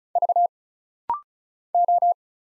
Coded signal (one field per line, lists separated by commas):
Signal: Morse code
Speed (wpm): 34 wpm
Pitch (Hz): 700 Hz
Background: none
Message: V O